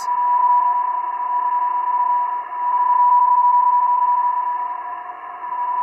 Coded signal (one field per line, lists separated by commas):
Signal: PSK31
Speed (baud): 31.25 baud